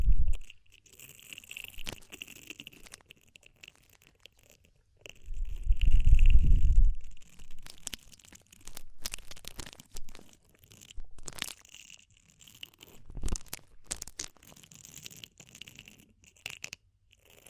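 Scratching and rustling right at the ear, like a tool working deep inside it, coming in short irregular bursts with quiet gaps between. A heavier muffled rumble swells around six seconds. Sharp crackles and clicks punctuate the later half.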